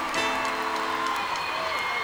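Audience applause at a live concert for the trumpet player accompanying the singer, a steady, dense wash of clapping that holds at an even loudness for about two seconds, with crowd voices and a few cheers mixed in.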